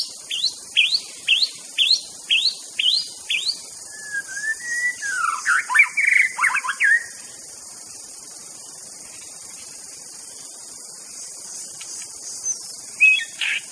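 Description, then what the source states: White-rumped shama song opening with a series of evenly spaced sharp notes, then a tumbling run of whistles and chirps, followed by quiet insect hum and a final chirp. Wild bird recorded singing in forest; original natural song.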